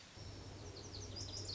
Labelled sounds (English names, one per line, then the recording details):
Lazuli Bunting
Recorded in Sonoma County, California